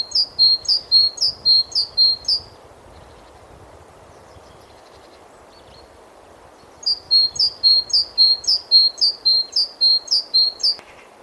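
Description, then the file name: Great tit giving bright, high two-part notes in quick even runs, two bursts separated by a few seconds of quiet, with a low background hum. "Parus major"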